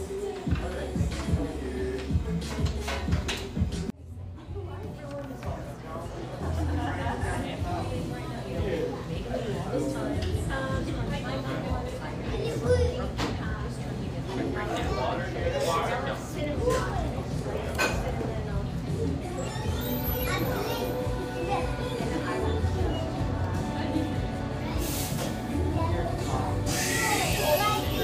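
Café chatter fills the room steadily, overlapping voices over a low hum, with occasional clinks and a short dip near four seconds.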